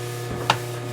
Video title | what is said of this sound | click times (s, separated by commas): Prepping and Adjusting Race Bindings | Backwards until it clicks. | 0.5 s